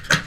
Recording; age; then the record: pig call; piglet (1 to 25 days)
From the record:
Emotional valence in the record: positive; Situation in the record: reunion after long isolation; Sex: male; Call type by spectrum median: low-frequency call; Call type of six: low-frequency tonal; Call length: 0.28 s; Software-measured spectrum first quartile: 1133 Hz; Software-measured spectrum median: 1899 Hz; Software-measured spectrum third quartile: 3952 Hz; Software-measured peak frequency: 1541 Hz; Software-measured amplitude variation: 226 dB a second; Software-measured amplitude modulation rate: 18.1 a second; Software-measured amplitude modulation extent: 12.5 dB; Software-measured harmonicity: 1.1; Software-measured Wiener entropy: -1.50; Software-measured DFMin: 858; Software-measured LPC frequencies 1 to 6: 1527, 3267, 4013, 4631, 6331, 7881 Hz